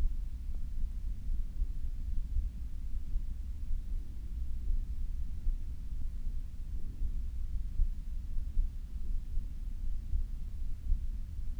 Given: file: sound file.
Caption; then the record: Audio file of post-treatment ear canal signal from the no.1 VPT patient.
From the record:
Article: Pre-Treatment Objective Diagnosis and Post-Treatment Outcome Evaluation in Patients with Vascular Pulsatile Tinnitus Using Transcanal Recording and Spectro-Temporal Analysis